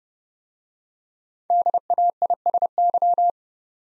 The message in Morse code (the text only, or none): DAISY